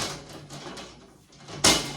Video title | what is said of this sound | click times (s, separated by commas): Let’s Build by Ikea Milsbo Cabinet Tall | that was it it snapped in place | 1.7 s